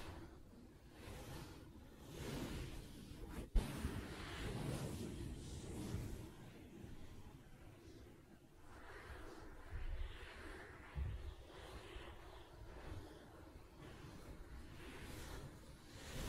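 Soft tapping and scratching on a fabric surface, with muffled brushing swishes throughout and one sharp tap near three and a half seconds.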